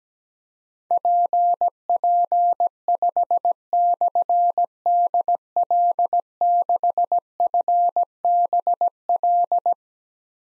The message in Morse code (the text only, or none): PP5/DL6FBL